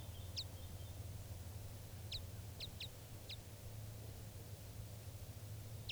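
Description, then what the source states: Red crossbill (type 5): red crossbill calls: sharp, short notes sweeping steeply downward, about six given irregularly over six seconds, above a steady low hum. Type 5 call type; wild bird previously tape recorded; Tennessee Pass, Eagle County, Colorado; June 8, 1986, around 6:38 a.m.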